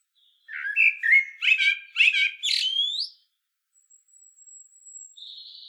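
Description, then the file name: Common blackbird song: a single burst of clustered, slightly harsh warbled notes ending in a rising squeak, then thin high faint tones. "Turdus merula"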